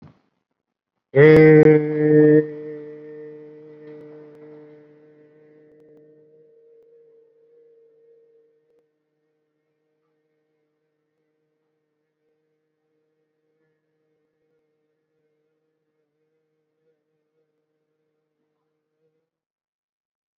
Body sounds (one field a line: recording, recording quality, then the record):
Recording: sustained vowel as in made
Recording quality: excellent, no background noise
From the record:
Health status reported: COVID-19 positive, mild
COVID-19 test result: positive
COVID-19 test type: RT-PCR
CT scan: not taken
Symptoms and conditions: sore throat, diabetes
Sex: male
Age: 62 years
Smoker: no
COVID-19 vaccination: none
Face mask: worn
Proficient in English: no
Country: India